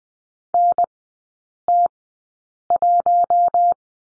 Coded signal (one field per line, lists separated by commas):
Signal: Morse code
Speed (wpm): 20 wpm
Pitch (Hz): 700 Hz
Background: none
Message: NT1